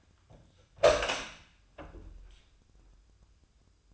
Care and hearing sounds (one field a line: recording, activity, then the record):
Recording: daily activity, microphone in the room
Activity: open door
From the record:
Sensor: 2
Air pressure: 1004.8 hPa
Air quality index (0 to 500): 70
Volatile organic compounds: 1 ppm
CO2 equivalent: 826 ppm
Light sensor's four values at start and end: 7/17/7/7 and 7/17/7/7